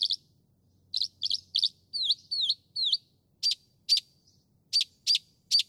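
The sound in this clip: Northern mockingbird song, a run of sharp chips, then three downslurred whistles, then more sharp repeated notes, each phrase type given a few times before switching.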